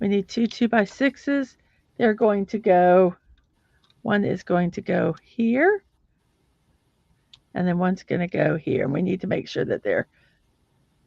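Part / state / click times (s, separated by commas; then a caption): 2x6 mini plastic brick onto brick model studs / partly seated / 7.3 s. A small plastic 2x6 mini building brick is pressed onto the studs of a brick-built motorcycle model while someone talks, with a sharp plastic click at 7.3 s. The brick does not go all the way in and is not flat, so it is only partly seated and will cause problems later.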